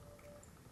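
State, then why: Not seated. A new Apple Watch Series 10 smartwatch is put on the wrist while its band clasp is handled before closing on the strap. Only quiet handling rustle and a faint steady hum are heard, with one brief soft tick. Nothing has seated or clicked yet.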